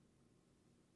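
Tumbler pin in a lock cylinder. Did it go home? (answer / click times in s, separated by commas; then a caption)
no / none. A Lishi 1-L opposite-arm pick works pin four, a tumbler pin in a Kwikset lock cylinder, under barely any tension. Only a steady low, noisy hum is heard, with no sharp transients. Nothing has seated or clicked yet in this second.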